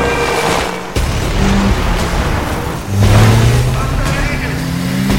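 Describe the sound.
A car fitted with a welded-on metal bull bar appears from behind, its engine rumbling low and steadily, pitch climbing as it revs up about halfway through, beneath a rough wash of background noise and indistinct voices.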